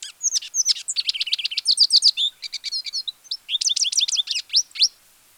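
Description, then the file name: Lesser goldfinch twittering series of rapid high chips and notes, with a brief pause midway, then ending abruptly. "Spinus psaltria"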